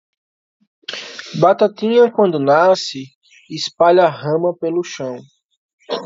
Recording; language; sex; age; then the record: short text; Brazilian Portuguese; male; 20 to 29 years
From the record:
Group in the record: control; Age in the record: 28 years